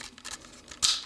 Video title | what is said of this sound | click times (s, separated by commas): Kawasaki brute force 750 fuel pump part 2 | and then you take your sending unit yeah slide that in until it clicks it's | 0.8 s